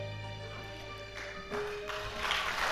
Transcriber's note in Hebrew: מחיאות כפיים